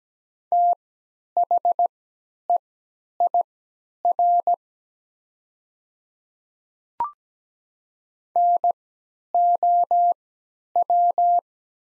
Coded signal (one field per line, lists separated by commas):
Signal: Morse code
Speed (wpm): 17 wpm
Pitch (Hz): 700 Hz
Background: none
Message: THEIR NOW